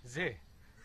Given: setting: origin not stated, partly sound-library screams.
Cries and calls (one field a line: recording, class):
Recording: one-second piece from a danger detection set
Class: normal situation